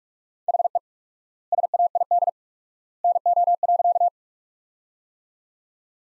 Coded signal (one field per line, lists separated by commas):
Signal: Morse code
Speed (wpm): 42 wpm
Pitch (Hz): 700 Hz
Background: none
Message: HE SAID NO.